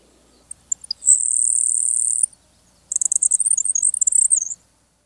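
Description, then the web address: Grasshopper sparrow song: a few faint ticks, then a long, very high, insect-like buzz, followed after a pause by a high fluttering trill. Chicago region. "Birds of the Chicago Region. Grasshopper Sparrow"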